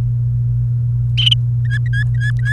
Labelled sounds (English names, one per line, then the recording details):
Domestic Canary song
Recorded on 29 April 2018 at 08:53
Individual llb3